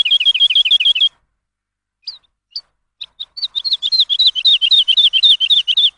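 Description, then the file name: Lark delivering a rapid chirping trill, falling silent for a moment with a few isolated notes, then resuming a long, even run of slurred chirps. Lark song used as a tutor for training songbirds. "suara masteran lark"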